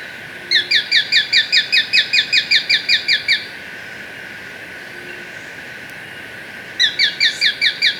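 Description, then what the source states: Plain-breasted Hawk giving a fast, regular series of many sharp chipping notes, then a pause before another quick series begins. Bird recorded in Ecuador, South America.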